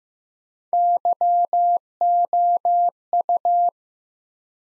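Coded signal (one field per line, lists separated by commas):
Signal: Morse code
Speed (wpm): 15 wpm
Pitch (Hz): 700 Hz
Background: none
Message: YOU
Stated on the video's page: Morse practice sentences from top 300 words at 15 wpm with 3x standard word spacing, a Farnsworth-like method.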